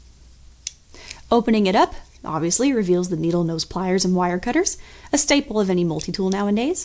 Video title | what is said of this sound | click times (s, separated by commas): EDC Under $100: The Harbor Freight Challenge | All of these do lock into place when in use, and you can unlock them by pressing the lock here. | 0.7 s